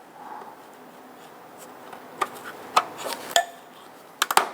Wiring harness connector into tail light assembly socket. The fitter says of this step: push those on until you feel it and hear it click into place